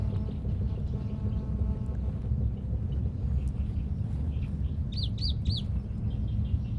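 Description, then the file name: Plain-tailed warbler song: three high, clear, arched whistled notes in quick succession near the end, over a steady low rumble. "warbler -Seicercus-soror"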